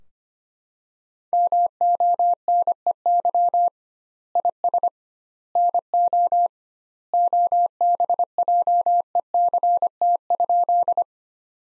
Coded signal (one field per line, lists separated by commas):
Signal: Morse code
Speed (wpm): 25 wpm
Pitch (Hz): 700 Hz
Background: none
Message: MONEY IS NO OBJECT?